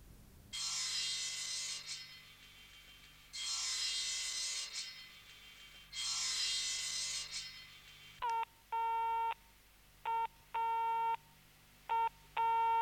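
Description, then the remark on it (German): Three long bursts of hissy static give way to a telephone busy signal: loud, evenly pulsed beeps of a buzzy mid-pitched tone, repeating with short gaps and no voices. “Immerhin, man kann ja telefonisch die Zeit.”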